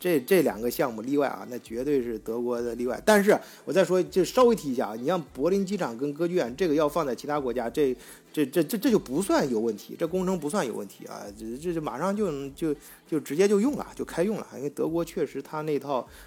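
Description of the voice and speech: An adult man speaks Mandarin with whole-word repetitions, such as a fourfold "zhe" and a tripled "jiu". This is mild stuttering, congenital and present since childhood, when it was severe. Constant practice has since made it less severe.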